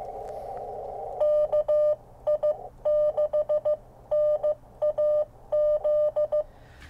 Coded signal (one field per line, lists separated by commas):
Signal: Morse code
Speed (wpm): 15 wpm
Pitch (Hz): 600 Hz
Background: none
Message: KI6NAZ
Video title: TinyMidi, Real Morse Code On The Go!